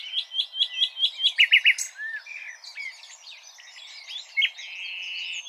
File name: Luscinia megarhynchos